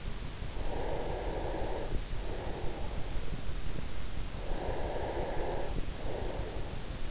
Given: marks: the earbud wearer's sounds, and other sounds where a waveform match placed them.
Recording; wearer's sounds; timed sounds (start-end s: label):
sounds in sleep by an in-ear microphone; breath
0.25-3.45 s: breath
4.21-7.11 s: breath